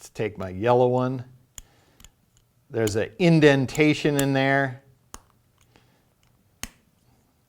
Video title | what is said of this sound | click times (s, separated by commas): CBE CX-5 Carbon Dovetail Bow Sight | and it just snaps into place like that so you can | 6.6 s